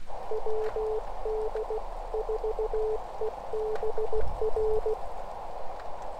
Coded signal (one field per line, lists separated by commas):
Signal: Morse code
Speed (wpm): 16 wpm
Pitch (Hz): 440 Hz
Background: none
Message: WD4EBR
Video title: POTA at Everglades National Park - Morse Code